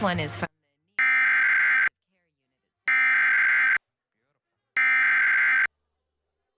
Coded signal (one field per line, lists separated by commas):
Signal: Emergency Alert System (SAME) tones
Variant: header bursts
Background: speech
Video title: EAS Severe Thunderstorm Watch on TBD (WUPA 69)